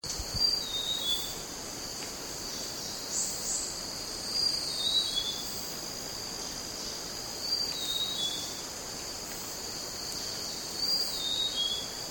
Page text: Sound of Grey-chested Jungle Flycatcher at Pinang Jatus, Gunung Lumut by BOORSMA, Tjalle